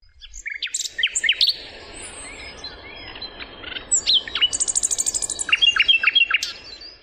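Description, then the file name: Common starling song, a jumbled medley of clicks, sharp whistles and rapid rattling trills, ending in a fast run of repeated ticking notes over faint background hiss. "L'étouneau sansonnet - Damien Drillet"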